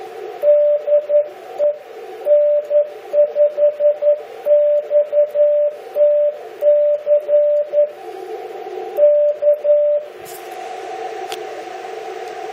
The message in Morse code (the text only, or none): DE N5XTC K